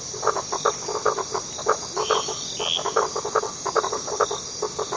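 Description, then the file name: Frogs croaking in short, rapid pulses over a constant hiss of waves, with steady high tones above. Frogs with waves; echoed. "echoed frogs and waves"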